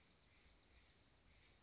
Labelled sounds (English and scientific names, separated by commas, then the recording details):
Dark-eyed Junco (Junco hyemalis)
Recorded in Sonoma County, California